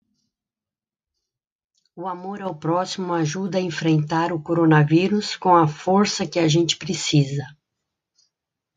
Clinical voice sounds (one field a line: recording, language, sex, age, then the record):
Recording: spoken sentence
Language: Brazilian Portuguese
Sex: female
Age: 50 to 59 years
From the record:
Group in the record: control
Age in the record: 57 years